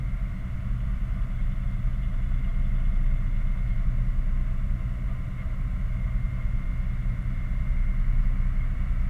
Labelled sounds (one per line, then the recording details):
machinery
flare stack
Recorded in the Prudhoe Bay oil fields, Alaska, on 11 August 2019 at 22:01
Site 29